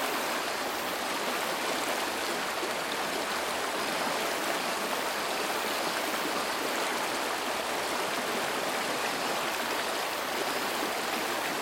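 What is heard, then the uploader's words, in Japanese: A swollen river rushes past in a steady, dense roar, bright and hissing throughout, unchanging for the whole stretch with no other sounds. ひたすら流れる川。周囲の安全を十分に確認し、川から距離を確保した上で撮影しています。増水した川の音。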